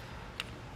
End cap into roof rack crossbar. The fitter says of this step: which is shaped just like the wing bar so make sure you have it the right way and that should just snap into place